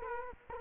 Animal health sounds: mosquito wingbeat signal from an infrared sensor; Culex quinquefasciatus

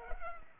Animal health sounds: mosquito wingbeat signal from an infrared sensor; Culex pipiens

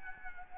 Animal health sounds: mosquito wingbeat signal from an infrared sensor; Aedes albopictus

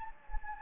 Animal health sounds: mosquito wingbeat signal from an infrared sensor; Anopheles gambiae

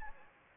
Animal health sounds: mosquito wingbeat signal from an infrared sensor; Anopheles gambiae

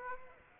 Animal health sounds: mosquito wingbeat signal from an infrared sensor; Aedes aegypti

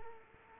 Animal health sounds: mosquito wingbeat signal from an infrared sensor; Culex quinquefasciatus

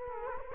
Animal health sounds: mosquito wingbeat signal from an infrared sensor; Culex quinquefasciatus

